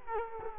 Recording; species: mosquito wingbeat signal from an infrared sensor; Culex quinquefasciatus